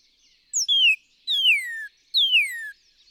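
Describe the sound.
Northern cardinal whistling three loud downslurred notes in steady succession, each dropping in pitch, the first introduced by a quick higher note.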